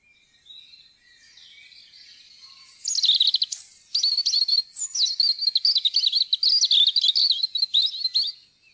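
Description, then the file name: European robin song: after a faint, soft start, high, thin twittering phrases with sharp trills and sliding notes run continuously for several seconds. "roedstrupe"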